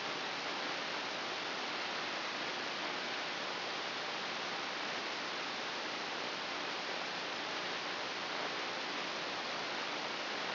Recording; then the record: brain microelectrode recording played as sound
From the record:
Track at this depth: inside the subthalamic nucleus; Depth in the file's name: 6.333 mm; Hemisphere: right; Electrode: 2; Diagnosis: Parkinson's disease